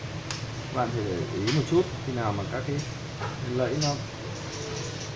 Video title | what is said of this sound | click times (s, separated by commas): Huong Dan Lap May Huawei MediaPad T1-701UA nhanh lay ngay | phải để ý một chút khi nào mà các cái lẫy nó kết nối và đủ rồi thì nó sẽ kêu tách cả như vừa rồi các bạn thấy. | 0.3 s